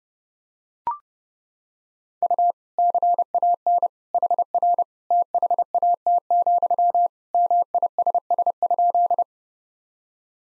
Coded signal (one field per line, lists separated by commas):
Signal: Morse code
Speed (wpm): 30 wpm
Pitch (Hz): 700 Hz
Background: none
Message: U CAN HR THAT, MISS?